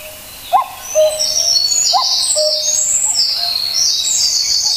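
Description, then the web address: Common cuckoo calls twice, each a short two-note cu-coo falling in pitch, while other birds chirp and trill at high pitch. "sikioto. kakkou"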